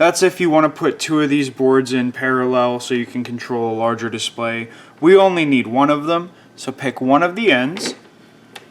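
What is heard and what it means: A power wire connector is pushed onto one end of a dot matrix board's VCC and ground header. Someone talks through most of the clip. The connector seats with one sharp click at 8.6 s.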